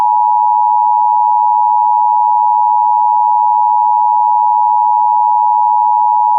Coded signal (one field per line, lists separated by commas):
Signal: Emergency Alert System (SAME) tones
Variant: 853 and 960 Hz attention tone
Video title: EAS Mock: What if Texas used IPAWSCAP on RMT?